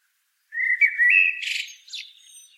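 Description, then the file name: Common blackbird song phrase: a mellow fluted warble rising slightly, followed by a squeaky, high twittering flourish that trails off. "Turdus merula"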